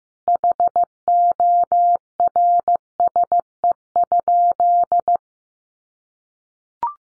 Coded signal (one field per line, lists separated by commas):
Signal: Morse code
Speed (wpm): 15 wpm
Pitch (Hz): 700 Hz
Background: none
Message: HORSE?